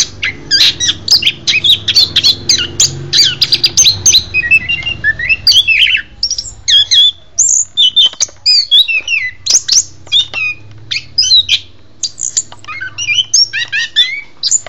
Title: anis kembang